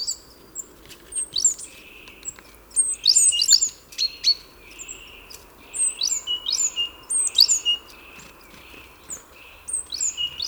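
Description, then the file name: Great tit calling: crisp downslurred chirps in quick sequences, with occasional short buzzy notes, in bursts throughout. "Parus major"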